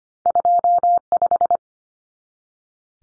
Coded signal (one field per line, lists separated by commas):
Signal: Morse code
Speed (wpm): 25 wpm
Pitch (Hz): 700 Hz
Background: none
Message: 25